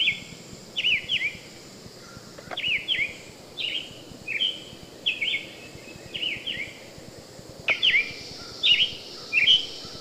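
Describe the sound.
Summer Tanager song, a steady string of short, slurred, whistled phrases rising and falling, with a few sharp clicks between them.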